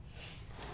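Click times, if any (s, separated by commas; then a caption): none. A metal fuel pump lock ring on the fuel tank sending unit flange of a Nissan Xterra/Frontier is being tapped clockwise with a tool to lock it into place. Over 0.8 seconds there is only a steady, broadband rustling noise with no distinct hits. Nothing has seated or clicked yet.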